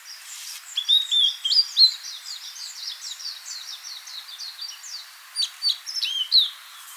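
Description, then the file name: Blue-and-white flycatcher song: a varied run of clear whistled and slurred notes, with louder phrases near the start and end. "Cyanoptila cyanomelana"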